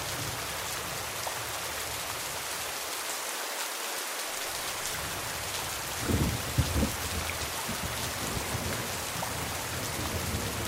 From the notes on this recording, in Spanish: sonidos de lluvia y truenos en el techo durante la noche